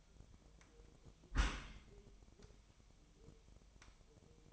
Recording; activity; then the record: daily activity, microphone in the room; close dishwasher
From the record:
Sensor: 1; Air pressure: 1004.8 hPa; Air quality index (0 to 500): 111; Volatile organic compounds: 3 ppm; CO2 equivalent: 1530 ppm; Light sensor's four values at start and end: 9/22/8/9 and 9/22/8/9